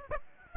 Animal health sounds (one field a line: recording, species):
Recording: mosquito wingbeat signal from an infrared sensor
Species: Aedes aegypti